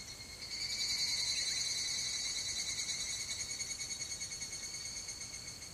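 Higurashi cicada song, a bright ringing series of quick pulses that rises quickly, then slowly tapers with a steady beat.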